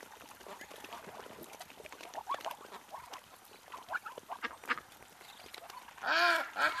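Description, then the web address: Birds chatter in a scattered chorus of short rough notes, then a louder drawn-out nasal call with strong harmonics near the end. "ptici ptici"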